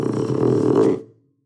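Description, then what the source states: Panther grunt: a single deep, rough grunt with layered low tones, lasting about a second before trailing off into silence. Young animal; deep grunt.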